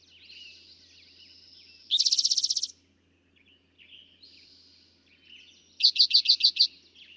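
Eastern towhee: a dense buzzy trill, then later a quick run of separate bright notes, with other birds twittering quietly in the background.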